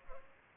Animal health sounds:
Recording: mosquito wingbeat signal from an infrared sensor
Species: Culex pipiens

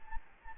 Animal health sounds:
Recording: mosquito wingbeat signal from an infrared sensor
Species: Anopheles gambiae

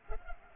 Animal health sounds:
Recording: mosquito wingbeat signal from an infrared sensor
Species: Culex pipiens

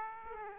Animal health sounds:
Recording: mosquito wingbeat signal from an infrared sensor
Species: Aedes aegypti

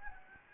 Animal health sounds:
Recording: mosquito wingbeat signal from an infrared sensor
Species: Anopheles gambiae

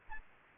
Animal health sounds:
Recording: mosquito wingbeat signal from an infrared sensor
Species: Aedes albopictus

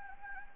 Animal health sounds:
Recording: mosquito wingbeat signal from an infrared sensor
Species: Anopheles gambiae

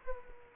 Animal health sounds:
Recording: mosquito wingbeat signal from an infrared sensor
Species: Culex quinquefasciatus

